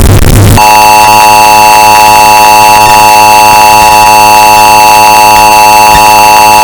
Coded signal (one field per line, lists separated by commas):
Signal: Emergency Alert System (SAME) tones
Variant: 853 and 960 Hz attention tone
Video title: Emergency Alert System [EAS] Sound Effect Bass Boosted Earrape (1 Hour)